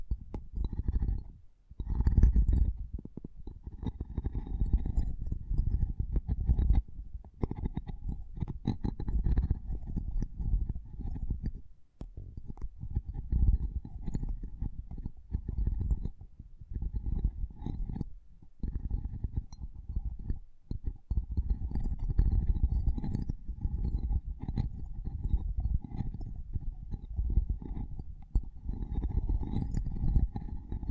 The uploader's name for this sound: Intense Mic Tapping and Scratching Sounds